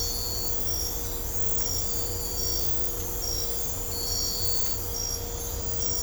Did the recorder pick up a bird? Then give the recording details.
no. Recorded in dense forest near Puerto Asís, Putumayo, Colombia, on 22 December 2024 at 02:30. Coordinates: 0.503, -76.323. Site G043